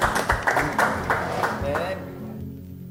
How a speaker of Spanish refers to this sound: Bueno, aplaudan ahí al hombre, si quieren, aplaudir. Siempre está bien.